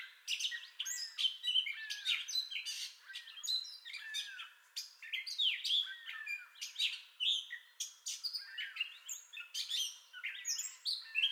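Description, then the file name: Gray catbird song: a long, jumbled run of varied squeaky, scratchy and whistled phrases, each short and different, delivered continuously with brief gaps. Entire song bout, 30 May 2021. "2021-05-30 Gray Catbird Entire Song Bout"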